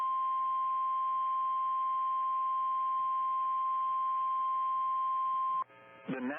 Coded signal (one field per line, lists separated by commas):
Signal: Emergency Alert System (SAME) tones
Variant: 1050 Hz attention tone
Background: speech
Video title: EAS Timeline: Deadly Derecho Strikes Downtown Sioux Falls, South Dakota NOAA Weather Radio